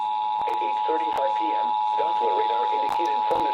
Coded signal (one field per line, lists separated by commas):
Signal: Emergency Alert System (SAME) tones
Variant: 853 and 960 Hz attention tone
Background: speech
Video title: EAS Flash Flood Warning (From CTP) 6/28/25 (Credit Goes To @SouthernPennsylvaniaWX)